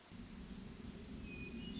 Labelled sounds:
Hermit Thrush (Catharus guttatus)
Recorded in Sonoma County, California

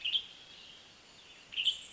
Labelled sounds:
Western Tanager (Piranga ludoviciana)
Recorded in Sonoma County, California

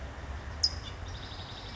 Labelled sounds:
California Towhee (Melozone crissalis)
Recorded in Sonoma County, California

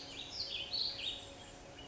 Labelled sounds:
Warbling Vireo (Vireo gilvus)
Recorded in Sonoma County, California

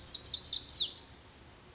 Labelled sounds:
Pacific Wren (Troglodytes pacificus)
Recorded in Sonoma County, California

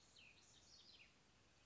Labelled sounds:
Cassin's Vireo (Vireo cassinii)
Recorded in Sonoma County, California

